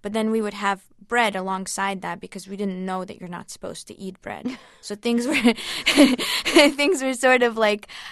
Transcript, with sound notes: But then we would have bread alongside that because we didn't know that you are not supposed to eat bread.
(LAUGHTER)
So things were, things were sort of like